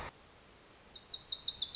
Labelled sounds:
Wilson's Warbler
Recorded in Sonoma County, California

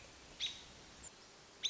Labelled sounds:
American Robin
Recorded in Sonoma County, California

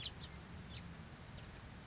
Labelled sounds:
House Finch
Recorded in Sonoma County, California

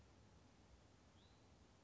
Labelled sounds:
Hutton's Vireo
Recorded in Sonoma County, California

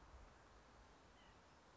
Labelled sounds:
White-breasted Nuthatch
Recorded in Sonoma County, California

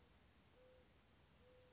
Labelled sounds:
Mourning Dove
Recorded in Sonoma County, California

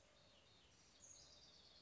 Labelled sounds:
House Wren
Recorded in Sonoma County, California

